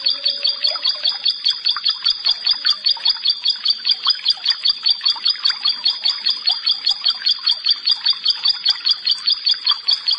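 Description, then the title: Bar-winged prinia song: clear metallic doubled notes repeated evenly and quickly for about ten seconds. "Ciblek Sawah"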